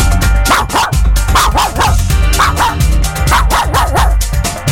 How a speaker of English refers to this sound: It's been a while since I've give a shout out to the dogs and made all the dogs go crazy. So let's do it.